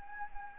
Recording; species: mosquito wingbeat signal from an infrared sensor; Anopheles arabiensis